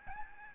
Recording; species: mosquito wingbeat signal from an infrared sensor; Aedes albopictus